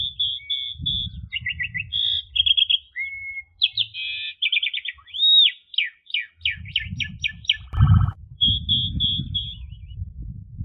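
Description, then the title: Asian pied starling singing a varied run of clear whistles, short trills and chattering notes, over a low rumbling background noise. "Jalak Suren"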